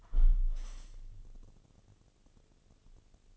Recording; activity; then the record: daily activity, microphone in the room; close window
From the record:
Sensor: 4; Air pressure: 1015.7 hPa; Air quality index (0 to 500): 81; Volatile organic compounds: 1 ppm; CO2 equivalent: 897 ppm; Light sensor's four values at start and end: 9/20/8/7 and 9/20/8/7